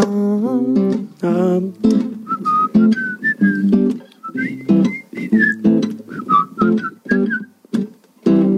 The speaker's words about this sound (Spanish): Muy bien. Hombre, bien, bravo, bien. Bravo. Qué bien silbado.